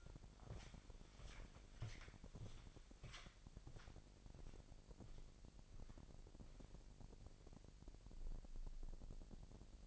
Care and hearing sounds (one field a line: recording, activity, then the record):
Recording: daily activity, microphone in the room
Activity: walk to room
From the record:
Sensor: 5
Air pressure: 1002.0 hPa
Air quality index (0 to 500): 249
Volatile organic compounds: 7 ppm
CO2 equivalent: 2032 ppm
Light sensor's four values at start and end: 30/69/29/31 and 29/70/28/30